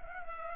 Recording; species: mosquito wingbeat signal from an infrared sensor; Culex pipiens